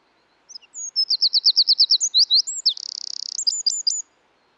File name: British Library - European Wren Troglodytes troglodytes